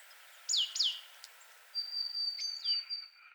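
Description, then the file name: Great tit calls: a pair of sharp down-slurred high notes, then a long thin level whistle with falling notes over it. "Parus major"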